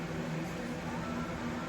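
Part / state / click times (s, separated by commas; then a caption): crimped wire terminal into connector housing / not seated / none. A crimped wire terminal is handled at the back of a plastic Deutsch connector housing before being pushed in until its locking tang clicks. Only a steady low hum with broadband noise is heard, with no sharp transients. The terminal has not seated or clicked yet.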